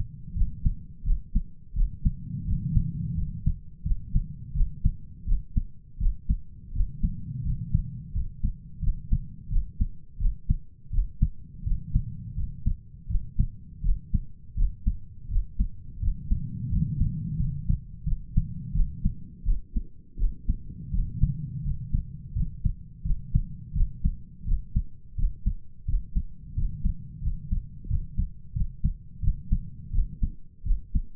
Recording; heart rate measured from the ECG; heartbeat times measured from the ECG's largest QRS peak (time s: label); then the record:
heart sounds by stethoscope; 85 bpm
0.35 s: heartbeat
1.04 s: heartbeat
1.75 s: heartbeat
2.46 s: heartbeat
3.16 s: heartbeat
3.84 s: heartbeat
4.54 s: heartbeat
5.26 s: heartbeat
5.99 s: heartbeat
6.73 s: heartbeat
7.44 s: heartbeat
8.13 s: heartbeat
8.81 s: heartbeat
9.50 s: heartbeat
10.19 s: heartbeat
10.91 s: heartbeat
11.64 s: heartbeat
12.36 s: heartbeat
13.08 s: heartbeat
13.83 s: heartbeat
14.56 s: heartbeat
15.29 s: heartbeat
16.01 s: heartbeat
16.70 s: heartbeat
17.38 s: heartbeat
18.05 s: heartbeat
18.74 s: heartbeat
19.45 s: heartbeat
20.18 s: heartbeat
20.92 s: heartbeat
21.63 s: heartbeat
22.34 s: heartbeat
23.04 s: heartbeat
23.74 s: heartbeat
24.45 s: heartbeat
25.16 s: heartbeat
25.86 s: heartbeat
26.55 s: heartbeat
27.22 s: heartbeat
27.88 s: heartbeat
28.54 s: heartbeat
29.21 s: heartbeat
29.92 s: heartbeat
30.64 s: heartbeat
From the record:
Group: healthy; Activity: rest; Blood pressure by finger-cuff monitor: 119/73 mmHg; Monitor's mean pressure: 89 mmHg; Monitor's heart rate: 86 bpm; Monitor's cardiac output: 7.9 L/min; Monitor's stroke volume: 93 mL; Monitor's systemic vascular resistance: 820 dyn s/cm5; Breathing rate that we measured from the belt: 12 breaths a minute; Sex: male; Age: 33 years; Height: 179 cm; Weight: 80.4 kg